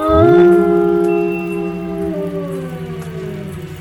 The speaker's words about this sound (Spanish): El canto triunfal de la manada de fieros lobos fue interrumpido por un aullido atronador y sobrenatural. Un alarido que no era de este mundo.